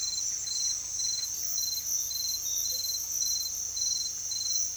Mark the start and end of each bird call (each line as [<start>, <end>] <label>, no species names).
[0.00, 2.49] bird call